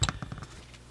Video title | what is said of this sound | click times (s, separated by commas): glock feldmesser fm 81 - a classic with sawback. | good and it's it's pretty sturdy and all the knife locks into the sheet there | 0.0 s